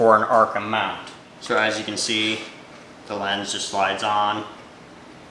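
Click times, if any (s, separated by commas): none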